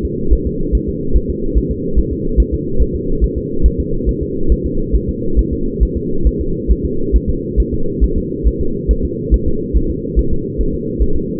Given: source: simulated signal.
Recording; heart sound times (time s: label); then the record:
fetal heart sounds
0.05 s: S2
0.33 s: S1
0.47 s: S2
0.75 s: S1
0.89 s: S2
1.16 s: S1
1.30 s: S2
1.58 s: S1
1.71 s: S2
1.99 s: S1
2.12 s: S2
2.40 s: S1
2.54 s: S2
2.82 s: S1
2.95 s: S2
3.24 s: S1
3.38 s: S2
3.66 s: S1
3.80 s: S2
4.09 s: S1
4.23 s: S2
4.52 s: S1
4.66 s: S2
4.95 s: S1
5.09 s: S2
5.39 s: S1
5.53 s: S2
5.83 s: S1
5.97 s: S2
6.27 s: S1
6.41 s: S2
6.71 s: S1
6.85 s: S2
7.16 s: S1
7.30 s: S2
7.60 s: S1
7.74 s: S2
8.04 s: S1
8.18 s: S2
8.47 s: S1
8.61 s: S2
8.91 s: S1
9.05 s: S2
9.34 s: S1
9.48 s: S2
9.77 s: S1
9.90 s: S2
10.19 s: S1
10.33 s: S2
10.61 s: S1
10.75 s: S2
11.02 s: S1
11.16 s: S2
From the record:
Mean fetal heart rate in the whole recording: 140 bpm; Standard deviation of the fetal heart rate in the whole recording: 2 bpm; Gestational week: 34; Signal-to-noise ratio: -8.1 dB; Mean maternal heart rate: 72 bpm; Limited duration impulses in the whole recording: absent